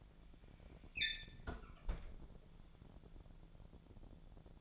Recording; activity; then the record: daily activity, microphone in the room; close fridge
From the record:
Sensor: 5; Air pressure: 1000.2 hPa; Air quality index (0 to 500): 102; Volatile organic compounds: 1 ppm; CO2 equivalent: 829 ppm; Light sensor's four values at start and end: 234/553/238/261 and 230/543/234/256